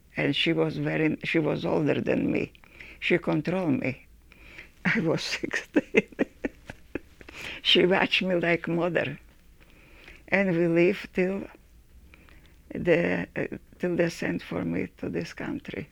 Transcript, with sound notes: And she was very — she was older than me. She control me. I was sixteen. [Laughs] She watch me like mother and we lived there until they send for me to this country.